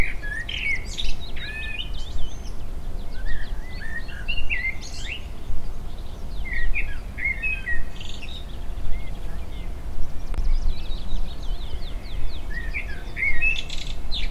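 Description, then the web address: Common blackbird singing short warbled phrases with high squeaky notes, repeated with short pauses over a steady low rumble. Recorded on 25 May 2016 at Cote Lorry. "pelouse Merle 2016-05-25 Cote Lorry"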